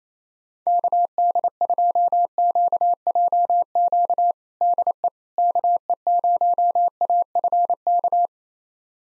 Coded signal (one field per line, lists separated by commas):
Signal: Morse code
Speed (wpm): 28 wpm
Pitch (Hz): 700 Hz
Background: none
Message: KD2QJQ DE KE0AFK